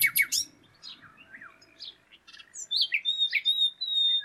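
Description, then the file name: Common nightingale song starting with a quick burst of sharp notes, followed by soft sliding whistles and chirps, then brighter varied notes and a long thin whistle. "Luscinia megarhynchos"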